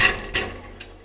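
A socket slips on a second rusted steel nut on the muffler mounting stud of a 2001 Porsche Boxster 986 during muffler removal, and the nut rounds off just like the first. A sharp metallic slip is heard at 0.4 s, followed by a fainter tap near 0.8 s. The nut is stripped.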